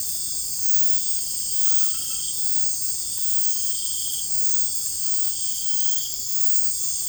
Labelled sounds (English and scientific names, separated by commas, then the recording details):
none
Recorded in dense forest near Puerto Asís, Putumayo, Colombia, on 20 February 2024 at 04:30
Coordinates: 0.487, -76.319
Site G6403